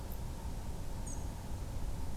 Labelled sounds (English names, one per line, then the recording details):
European Robin
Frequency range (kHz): European Robin 6.0-9.1 kHz
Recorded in France